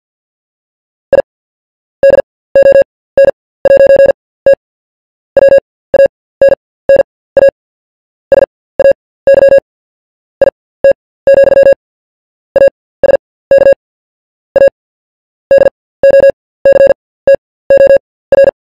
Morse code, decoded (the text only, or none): I DON'T WANNA SAY IT, ASK A DOCTOR